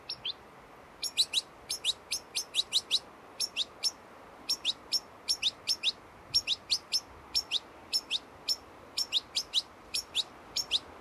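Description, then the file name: European goldfinch calls, a steady series of sharp, high twittering notes continuing throughout with brief gaps. "Carduelis carduelis"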